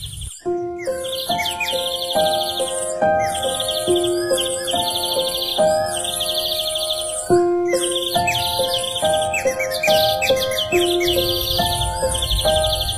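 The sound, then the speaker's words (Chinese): A nightingale's bright, rapid song trills and chirps on continuously over a gentle melodic instrumental backing of sustained, evenly spaced notes, with no one speaking. “在中国皇帝花园的树林里住着一只夜莺，他的歌唱得非常美妙，所有听过他唱歌的人都说这是世界上最美的声音。”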